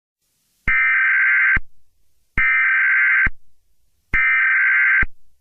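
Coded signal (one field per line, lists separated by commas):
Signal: Emergency Alert System (SAME) tones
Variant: header bursts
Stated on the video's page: Simulated, fictional EAS scenario tones.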